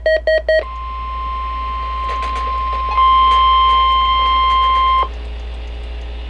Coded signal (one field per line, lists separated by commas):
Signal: Emergency Alert System (SAME) tones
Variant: 1050 Hz attention tone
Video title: Required Weekly Test (EAS #54)